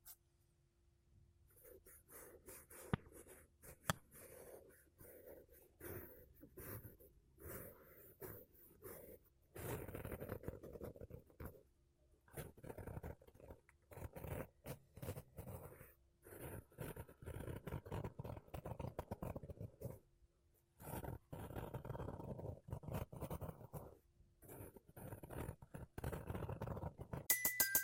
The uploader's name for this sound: Mic Brushing Using Makeup Brushes and Sponge